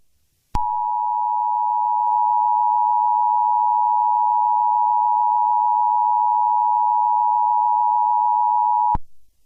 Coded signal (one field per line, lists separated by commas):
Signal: Emergency Alert System (SAME) tones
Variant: 853 and 960 Hz attention tone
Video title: EAS Scenario #35: EF6